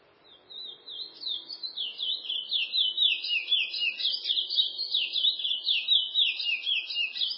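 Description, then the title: Chestnut-bellied seed finch song: a sustained, quick-tempo warble of bright up-and-down notes, with a faint low hum underneath. "Canto De Curio"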